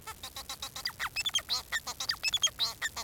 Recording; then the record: song of a male Bengalese finch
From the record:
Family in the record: son of father 4